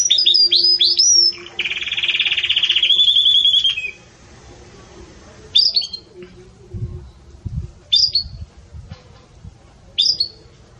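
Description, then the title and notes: Belgian canary singing a fast chirpy phrase and a sustained ringing trill, then a pause broken by single sharp high notes about every two seconds. Pure campainha song style, delivered with pauses, intended for training singing birds. "Canto Canário Belga Campainha Puro Com Pausa Para Treinamento. CANARIO BELGA"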